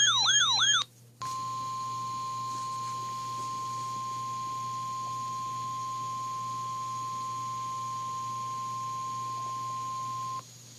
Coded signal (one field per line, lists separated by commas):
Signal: Emergency Alert System (SAME) tones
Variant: 1050 Hz attention tone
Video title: Radio EAS 7 - RWT 2